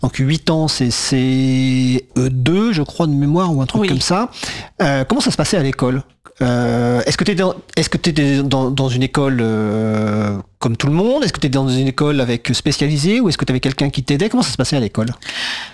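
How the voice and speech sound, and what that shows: An adult asks in fluent French about schooling, with clear, steady voicing and ordinary conversational hesitations.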